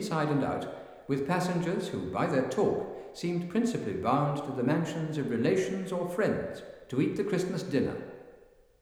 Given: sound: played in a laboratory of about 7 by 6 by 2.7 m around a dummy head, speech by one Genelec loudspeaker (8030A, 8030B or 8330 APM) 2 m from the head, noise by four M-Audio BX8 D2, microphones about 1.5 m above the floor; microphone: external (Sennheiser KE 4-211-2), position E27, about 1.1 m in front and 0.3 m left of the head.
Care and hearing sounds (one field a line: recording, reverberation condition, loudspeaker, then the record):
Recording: male speech in English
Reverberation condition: high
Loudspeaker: 30 degrees to the left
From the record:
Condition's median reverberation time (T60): about 1300 ms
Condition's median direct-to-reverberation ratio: about -4.0 dB